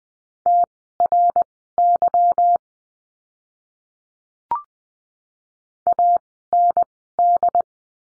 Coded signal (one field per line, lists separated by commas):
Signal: Morse code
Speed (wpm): 20 wpm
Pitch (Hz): 700 Hz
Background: none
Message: TRY AND